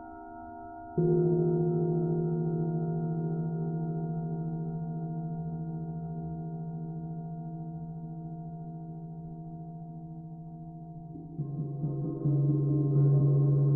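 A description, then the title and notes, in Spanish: Tibetan singing bowls ring in long, steady tones. A soft hum opens, then a bowl is struck just before one second and its layered ringing slowly fades over ten seconds. Around eleven seconds a second strike brings a lower, wavering tone that swells and sustains to the end. Cuencos Tibetanos.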